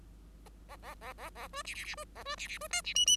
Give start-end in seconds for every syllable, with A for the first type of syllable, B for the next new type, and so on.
0.68-0.76 A, 0.82-0.95 A, 1.01-1.13 A, 1.18-1.30 A, 1.35-1.48 A, 1.53-1.63 B, 1.65-1.74 C, 1.74-1.84 C, 1.84-1.95 C, 1.97-2.04 B, 2.15-2.23 A, 2.25-2.36 B, 2.37-2.47 C, 2.48-2.58 C, 2.60-2.68 B, 2.70-2.81 D, 2.84-2.94 C, 2.95-3.06 E, 3.06-3.17 E